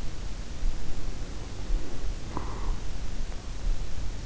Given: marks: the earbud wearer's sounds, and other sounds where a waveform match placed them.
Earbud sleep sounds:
sounds in sleep by an in-ear microphone; breath
0.96-3.27 s: breath

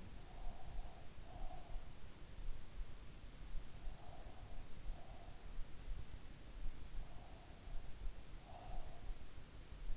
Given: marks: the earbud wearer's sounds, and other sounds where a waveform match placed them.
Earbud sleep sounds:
sounds in sleep by an in-ear microphone; breath
0.00-1.73 s: breath
3.51-5.36 s: breath
7.17-9.10 s: breath

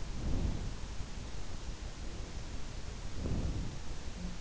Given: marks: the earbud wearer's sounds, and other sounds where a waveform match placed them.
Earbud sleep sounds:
sounds in sleep by an in-ear microphone; breath
0.10-0.63 s: breath
3.13-3.72 s: breath

